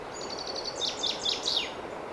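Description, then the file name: Common chaffinch giving a short burst of song: rapid high ticking notes followed by several louder downward-sweeping notes, with constant noise behind. "Fringilla coelebs"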